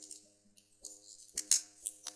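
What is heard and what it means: Red plastic pieces of a PG Strike Freedom model kit are pressed onto the waist unit, with a few light plastic taps and scrapes over a steady tonal hum. The loudest, sharpest click at 1.5 s is the part seating into the joint, followed by softer ticks.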